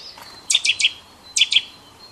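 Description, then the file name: Eurasian nuthatch calls: two bursts of sharp, loud piping notes, three then two, in quick succession against faint background hiss. "Sitta europaea"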